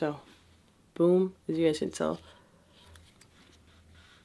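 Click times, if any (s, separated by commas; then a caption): none. Someone fits a plastic part of a Cardo EDGE intercom into its mount on an AGV Pista GP RR motorcycle helmet, pushing it toward place by hand while someone talks briefly. After the talking there are only quiet handling sounds, with faint taps near 3.0 and 3.2 s. Nothing has seated or clicked yet.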